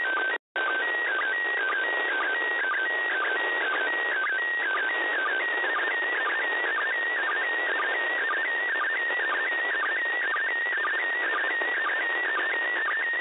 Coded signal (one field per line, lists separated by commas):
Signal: SSTV (slow-scan television)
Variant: PD 120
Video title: ISS SSTV